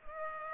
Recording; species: mosquito wingbeat signal from an infrared sensor; Culex pipiens